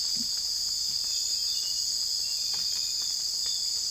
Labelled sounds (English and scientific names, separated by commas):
none